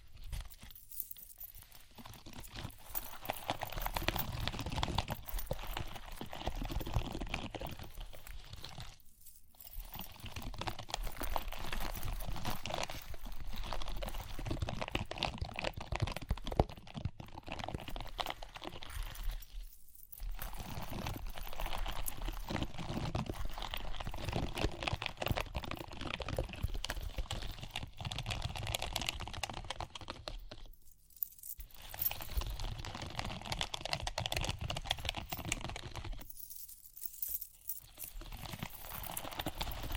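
Dense tapping and scratching with light jingling run in long bursts, broken by brief silent pauses near 9, 20, 31 and 37 seconds.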